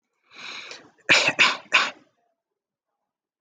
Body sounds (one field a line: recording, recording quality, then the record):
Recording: shallow voluntary cough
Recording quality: excellent, no background noise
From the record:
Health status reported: healthy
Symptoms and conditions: breathing difficulty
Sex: male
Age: 18 years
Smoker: not ticked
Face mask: not worn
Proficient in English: yes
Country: India